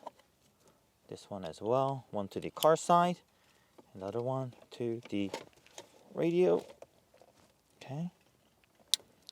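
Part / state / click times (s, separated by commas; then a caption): amplifier harness connector into factory radio connector / seated / 8.9 s. A plug-and-play Beat-Sonic DSP amplifier harness connector is pushed hard into the factory radio connector of a 2020+ Toyota 4Runner, with one side going to the car and another to the radio. Someone talks through most of the clip, then a sharp click at 8.9 s shows the connector is fully seated.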